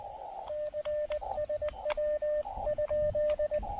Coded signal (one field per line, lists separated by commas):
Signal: Morse code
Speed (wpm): 20 wpm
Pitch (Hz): 600 Hz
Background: radio noise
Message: CSW?